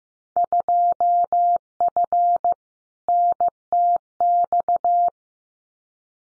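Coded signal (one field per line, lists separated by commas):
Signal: Morse code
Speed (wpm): 15 wpm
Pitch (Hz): 700 Hz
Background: none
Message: 2F NTX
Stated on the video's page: Randomly selected Field Day exchanges at 15 wpm for head-copy practice, each sent in Morse twice.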